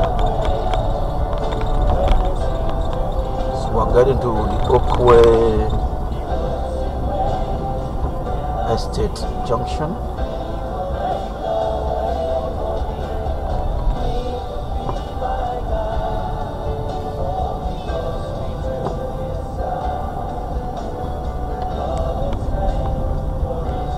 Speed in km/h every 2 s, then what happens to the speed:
58, 55, 48, 42, 42, 34, 29, 29, 32, 34, 34, 31.
0-5 slows to 42. 8-12 slows to 29. 12-24 steady at about 31.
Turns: none.